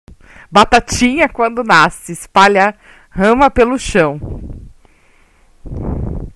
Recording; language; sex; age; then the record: short text; Brazilian Portuguese; female; 20 to 29 years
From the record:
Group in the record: control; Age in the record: 29 years